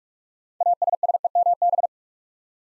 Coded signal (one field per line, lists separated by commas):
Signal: Morse code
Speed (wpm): 44 wpm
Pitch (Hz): 700 Hz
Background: none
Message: ASSEMB